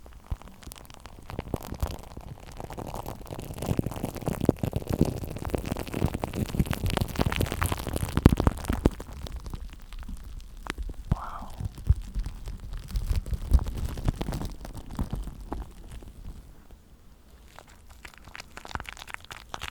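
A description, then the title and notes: Shaving foam crackles and fizzes on a microphone in dense, irregular popping bursts, busiest midway, then thinning out toward the end. ASMR The ULTIMATE Tingles With SHAVING Foam On The MIC.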